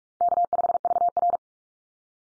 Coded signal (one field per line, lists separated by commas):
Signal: Morse code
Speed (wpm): 44 wpm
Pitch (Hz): 700 Hz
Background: none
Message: K5VR